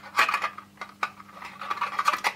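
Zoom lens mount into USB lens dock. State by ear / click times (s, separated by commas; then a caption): not seated / none. A 150-600mm F5-6.3 zoom lens is handled against the bayonet mount of a USB lens dock, making light clinks and scrapes with sharp ticks near 1.0, 2.0 and 2.1 seconds. The lens has not yet been twisted home: nothing has seated or clicked into place.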